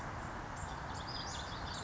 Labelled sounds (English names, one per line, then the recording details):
Western Flycatcher
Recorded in Sonoma County, California